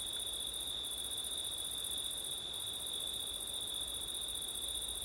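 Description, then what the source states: Crickets in a steady chorus, one even trill near the high middle and a shriller band above it, running nonstop with two brief dropouts in the top band. Crickets on a windy September night; ORTF stereo.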